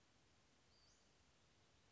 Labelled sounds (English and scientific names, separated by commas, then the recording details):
Western Flycatcher (Empidonax difficilis)
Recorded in Sonoma County, California